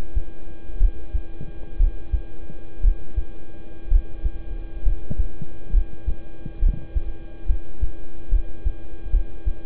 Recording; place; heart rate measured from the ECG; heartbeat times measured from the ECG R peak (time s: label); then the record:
heart sounds by stethoscope; between the tricuspid and mitral areas; 65 bpm
0.77 s: heartbeat
1.76 s: heartbeat
2.80 s: heartbeat
3.88 s: heartbeat
4.82 s: heartbeat
5.70 s: heartbeat
6.59 s: heartbeat
7.46 s: heartbeat
8.29 s: heartbeat
9.10 s: heartbeat
From the record:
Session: rest, lying down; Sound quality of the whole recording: good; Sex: male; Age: 26 years